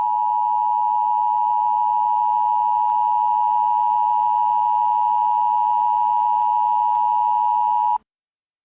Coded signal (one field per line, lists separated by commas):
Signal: Emergency Alert System (SAME) tones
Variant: 853 and 960 Hz attention tone